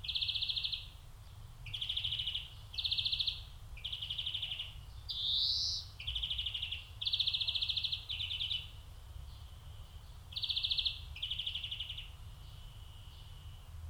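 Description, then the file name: European greenfinch in a long run of buzzy trills with one rising wheeze midway, nearly continuous phrases, low hum beneath. "Chloris chloris"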